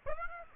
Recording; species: mosquito wingbeat signal from an infrared sensor; Aedes aegypti